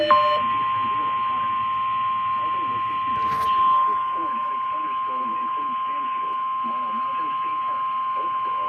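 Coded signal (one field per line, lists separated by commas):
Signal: Emergency Alert System (SAME) tones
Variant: 1050 Hz attention tone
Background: speech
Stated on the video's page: Real EAS alert tones.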